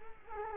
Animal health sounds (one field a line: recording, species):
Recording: mosquito wingbeat signal from an infrared sensor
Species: Culex quinquefasciatus